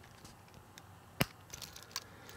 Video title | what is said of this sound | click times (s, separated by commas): Znapeez Fashion & Action Mini Construction Tiles! As Seen On TV | There's nothing like the snappy sound. | 1.2 s, 2.0 s